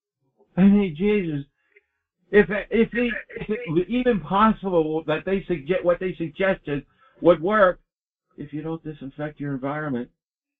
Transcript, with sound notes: I mean, Jesus.
If it, if it-
(laughs)
... even possible that they sugget- what they suggested would work, if you don't disinfect your environment,